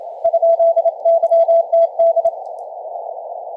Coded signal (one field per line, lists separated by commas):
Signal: Morse code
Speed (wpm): 28 wpm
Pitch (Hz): 670 Hz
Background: none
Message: ?YTD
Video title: 20 mtrs Da0WWA CW